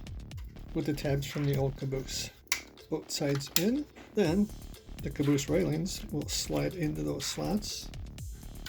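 Someone talks over music while handling the plastic caboose railings for a custom model train car, with the tabs from the old caboose already in on both sides and the railings about to slide into the slots in the car body. A few faint taps and handling sounds are heard, but the railings have not snapped in place yet and nothing has seated or clicked.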